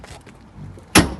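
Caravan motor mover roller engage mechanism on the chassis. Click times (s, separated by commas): 1.0 s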